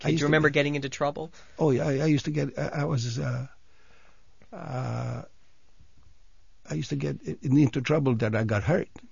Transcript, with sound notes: Do you remember getting into trouble?
Oh, I used to get, I was, (he pauses) I used to get into trouble that I got hurt.